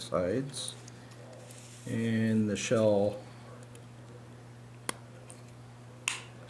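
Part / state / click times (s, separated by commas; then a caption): plastic locomotive shell onto model locomotive chassis / seated / 4.9 s, 6.1 s. Someone talks as the plastic body shell of a Rapido N scale GMD-1 model locomotive, part of a DC fix, is pressed down onto its chassis. Two sharp clicks at 4.9 and 6.1 seconds mark the clips catching on both sides, and the shell is seated.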